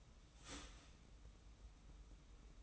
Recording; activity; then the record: daily activity, microphone in the room; start toaster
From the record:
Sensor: 1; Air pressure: 990.7 hPa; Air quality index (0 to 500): 144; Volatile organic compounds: 860 ppm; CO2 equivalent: 5178 ppm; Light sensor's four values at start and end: 26/62/26/28 and 26/62/26/28